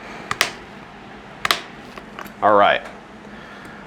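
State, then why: Torque reached. A torque wrench tightens the trigger guard screw on a ShaloTek FLEX Frame to 14 inch-pounds. Two sharp clicks come at 0.4 s and 1.5 s, each with a smaller tick just before it. Someone briefly talks around 2.5 s after the wrench confirms torque, and the screw is set.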